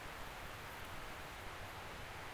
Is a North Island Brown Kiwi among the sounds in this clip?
no